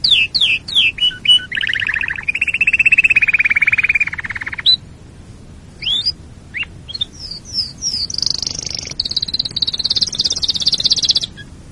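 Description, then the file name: Canary singing a varied song: quick chirps, a long lower rolling trill, scattered rising whistles, then a high buzzing trill held for several seconds. "canarysong omkicau"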